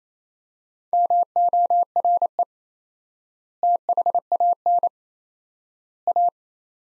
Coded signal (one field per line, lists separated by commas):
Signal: Morse code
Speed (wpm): 28 wpm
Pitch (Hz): 700 Hz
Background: none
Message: MORE THAN A